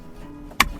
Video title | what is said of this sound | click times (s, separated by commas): SKODA FABIA Steering wheel + Airbag removal & refit (MK1 99-07) | and you'll hear it click back into place. | 0.6 s